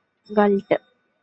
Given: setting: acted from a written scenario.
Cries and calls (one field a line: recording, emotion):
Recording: vocal sound without words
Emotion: guilt